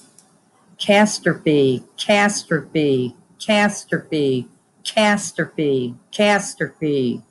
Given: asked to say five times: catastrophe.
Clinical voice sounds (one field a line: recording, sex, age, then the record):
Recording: repeated word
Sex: female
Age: 50 to 59 years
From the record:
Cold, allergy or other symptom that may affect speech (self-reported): no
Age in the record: 58 years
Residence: Indiana, United States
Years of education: 12